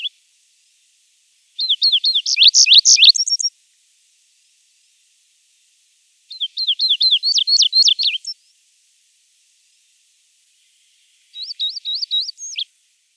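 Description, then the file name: Chestnut bunting song, a rapid series of high, bright zigzag notes in three short phrases separated by silent gaps. "Ovsjanka ryzhaja"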